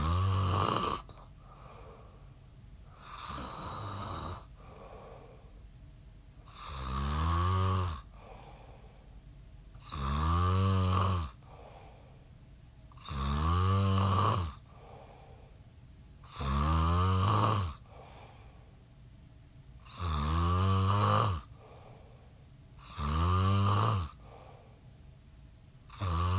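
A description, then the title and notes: Someone snores in a slow, steady rhythm, a loud rasping breath roughly every three to four seconds across the whole stretch. Each snore swells and fades with a gravelly, buzzing rattle, and quieter breathing fills the gaps between them. Snoring.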